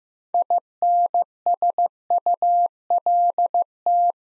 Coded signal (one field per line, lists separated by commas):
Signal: Morse code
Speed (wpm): 15 wpm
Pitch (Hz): 700 Hz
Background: none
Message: INSULT